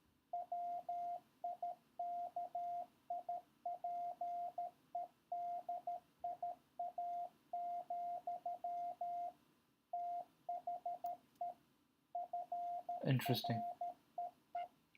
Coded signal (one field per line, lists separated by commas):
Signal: Morse code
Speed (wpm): 13 wpm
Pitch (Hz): 700 Hz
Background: speech, radio noise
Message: WIKIPEDIA, THE FREE